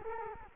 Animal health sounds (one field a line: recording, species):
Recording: mosquito wingbeat signal from an infrared sensor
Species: Culex quinquefasciatus